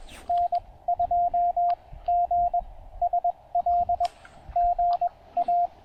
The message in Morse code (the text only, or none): N2GSL GA